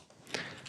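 A camera's quick-release plate is unlatched and taken out of the gimbal mount clamp. There is a short, sharp click as the latch opens at 0.3 seconds, and the camera is released from the mount.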